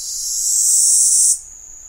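Cicada: a loud, harsh high buzz builds steadily, then cuts off abruptly into a quieter, thin steady whine.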